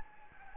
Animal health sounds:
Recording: mosquito wingbeat signal from an infrared sensor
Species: Anopheles gambiae

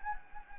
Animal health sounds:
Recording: mosquito wingbeat signal from an infrared sensor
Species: Anopheles gambiae

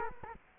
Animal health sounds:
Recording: mosquito wingbeat signal from an infrared sensor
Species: Culex quinquefasciatus

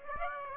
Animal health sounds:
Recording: mosquito wingbeat signal from an infrared sensor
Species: Aedes aegypti

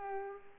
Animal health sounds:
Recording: mosquito wingbeat signal from an infrared sensor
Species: Culex pipiens

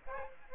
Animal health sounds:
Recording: mosquito wingbeat signal from an infrared sensor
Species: Aedes aegypti

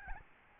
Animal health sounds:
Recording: mosquito wingbeat signal from an infrared sensor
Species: Aedes albopictus

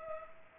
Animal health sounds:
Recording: mosquito wingbeat signal from an infrared sensor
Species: Culex pipiens

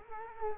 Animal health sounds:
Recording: mosquito wingbeat signal from an infrared sensor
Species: Culex quinquefasciatus

